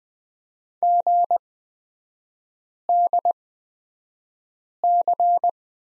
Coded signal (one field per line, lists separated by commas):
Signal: Morse code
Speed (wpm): 20 wpm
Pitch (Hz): 700 Hz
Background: none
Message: GDC